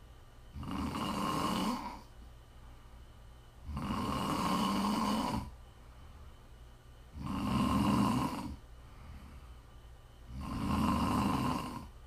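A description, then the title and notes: Steady, rhythmic snoring, with four loud rasping inhales arriving about every three and a half seconds, each lasting over a second. The snores are full, with a rough, buzzing low rumble. Between them come quiet breathing pauses over a faint background hiss. ASMR snoring.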